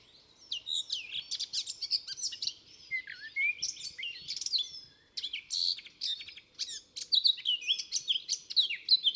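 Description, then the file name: Eurasian blackcap singing a long, fast warble of scratchy chirps and clear whistles, phrases running together and growing louder toward the end, background otherwise quiet. "Sylvia atricapilla"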